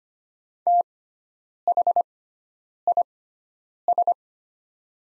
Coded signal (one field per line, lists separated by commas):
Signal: Morse code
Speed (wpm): 25 wpm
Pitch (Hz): 700 Hz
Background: none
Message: THIS